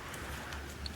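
The tab on a small blue and red wire's crimped terminal is pushed down in the plastic instrument cluster connector housing of a Ford XC Fairmont 351, against a steady low hum. A short, sharp click at 0.9 s marks the terminal lock releasing, freeing the terminal so it can be withdrawn.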